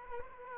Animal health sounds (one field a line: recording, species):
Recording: mosquito wingbeat signal from an infrared sensor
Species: Aedes aegypti